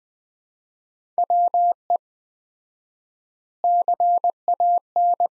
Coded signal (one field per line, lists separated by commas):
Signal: Morse code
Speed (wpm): 20 wpm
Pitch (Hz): 700 Hz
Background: none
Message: WE CAN